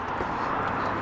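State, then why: Not seated. The bottom end of a power frunk strut on a 2022 Tesla Model 3 is being pushed by hand onto its metal ball-stud mount on the hood hinge, without using the retaining clip. Only a steady, even background noise is heard, with no distinct impact. The strut end has not seated or clunked onto the stud yet.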